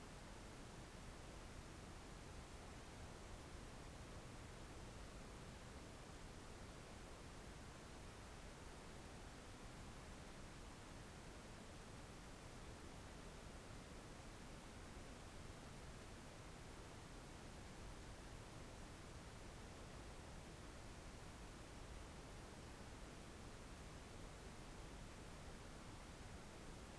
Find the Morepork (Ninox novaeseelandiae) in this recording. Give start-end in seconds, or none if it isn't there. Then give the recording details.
none. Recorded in New Zealand on 4 June 2017. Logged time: 21:16. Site Taranaki